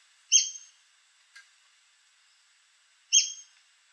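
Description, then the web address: White-crested spadebill uttering two abrupt, high call notes about three seconds apart, with a tiny faint click between them. "White crested spadebill. پرنده-بیلچه-نوک-کاکل-سفید"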